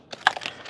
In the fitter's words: rotate it back down and it will snap in place underneath all these other